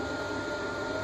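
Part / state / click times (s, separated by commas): 4-pin power supply connector into motherboard CPU power socket / not seated / none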